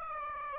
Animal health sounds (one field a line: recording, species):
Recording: mosquito wingbeat signal from an infrared sensor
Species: Aedes aegypti